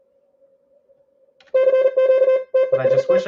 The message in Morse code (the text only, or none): CQ TEST